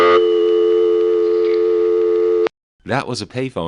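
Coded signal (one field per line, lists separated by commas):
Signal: telephone call progress tone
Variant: North America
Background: speech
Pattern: dial tone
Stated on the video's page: Step-by-step exchange sounds recorded 1974, 1977 and 1980, re-mastered.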